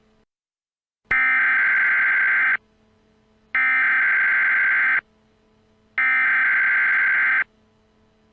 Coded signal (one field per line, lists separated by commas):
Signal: Emergency Alert System (SAME) tones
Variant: header bursts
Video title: EAS scenario: Shadow Demons 2 The Possession